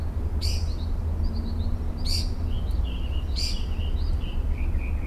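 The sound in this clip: Mockingbird song of rapidly changing phrases, harsh bursts alternating with short whistled and chattering notes, over a continuous low background rumble.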